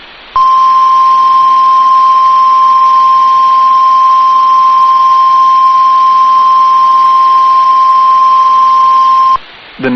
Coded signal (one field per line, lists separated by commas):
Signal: Emergency Alert System (SAME) tones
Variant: 1050 Hz attention tone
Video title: SEVERE THUNDERSTORM WARNING (EAS ALERT 189)